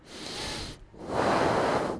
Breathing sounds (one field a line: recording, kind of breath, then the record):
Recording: one breath in and out by a microphone near the nose and mouth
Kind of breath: deep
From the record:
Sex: male